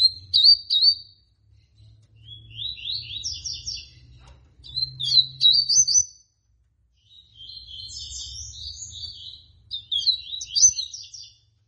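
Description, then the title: Seedeater song: high, fast chirping phrases of rapid notes, five bursts with short pauses between, over a low steady hum. Tui tui song style; bird described as 'fibra'. "COLEIRO DE GOLA TUI TUI FIBRA"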